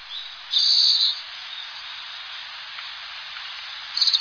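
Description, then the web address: Bird giving a short, harsh high burst of call notes, then a quieter pause and a brief pulsed call again near the end, over steady high hiss. Higashiosaka, Japan. "higashiosaka bird koe"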